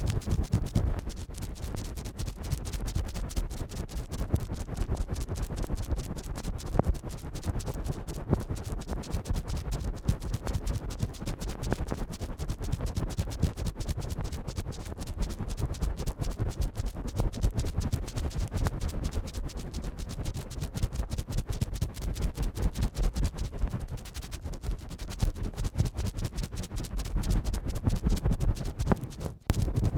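Fast ear cleaning with rapid, dense scratching and rubbing that runs without a break for the full thirty seconds. The strokes come as quick crackly clicks over a low, muffled rumble, keeping a steady level throughout with brief sharper pops scattered along.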